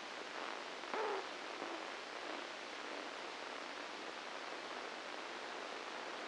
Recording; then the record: brain microelectrode recording played as sound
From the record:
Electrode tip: inside the subthalamic nucleus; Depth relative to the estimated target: -1 mm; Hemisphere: left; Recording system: NeuroSet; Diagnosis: Parkinson's disease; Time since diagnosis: 9 years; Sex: female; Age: 51 years